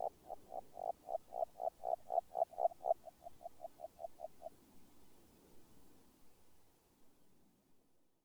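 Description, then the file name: Agile frog giving a quick run of knocking notes that fades out after a few seconds, leaving quiet background. "Grenouille agile"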